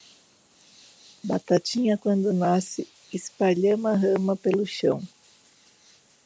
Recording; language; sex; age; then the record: short text; Brazilian Portuguese; female; 40 to 49 years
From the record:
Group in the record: control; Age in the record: 49 years